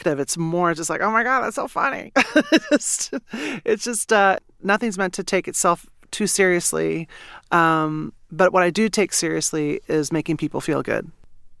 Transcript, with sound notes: It's more just like, oh, my God, that's so funny (laughter). It just nothing's meant to take itself too seriously. But what I do take seriously is making people feel good.